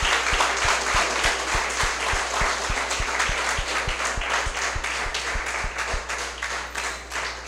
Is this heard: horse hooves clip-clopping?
no